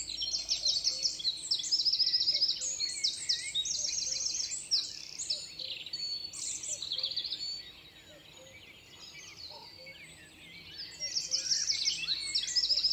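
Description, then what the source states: Eurasian wren singing loud, rapid high trills in repeated bursts, pausing midway before another run of trills; softer bird calls and a faint insect drone underneath. Wren singing in a beech forest in spring at Saint-Dizier-en-Diois; date given as 6 June 2019 and as 28 May 2019, 8:30; stereo, Nagra Seven with MKH8020; sun-warmed insects humming in background.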